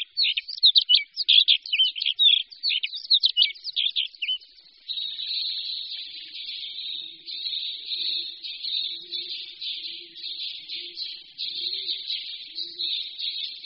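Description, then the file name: Alpine accentor: a fast jumble of high trilled notes, then a long, dense, buzzy warbling stream. Faint low notes sound in the background. "Pěvuška-podhorní"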